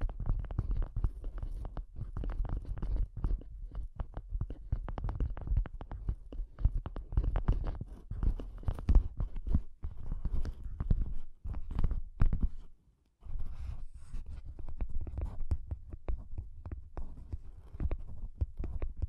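Soft, bassy tapping runs steadily through the recording, a dense stream of dull thuds with a deep, rumbling weight and only faint brighter clicks on top. The taps come quickly and unevenly, and around thirteen seconds they stop for a brief silence before resuming.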